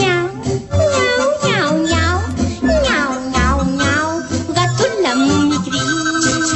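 A cat meows again and again, with rising and falling, fairly loud cries over a steady, music-like background of low sustained tones.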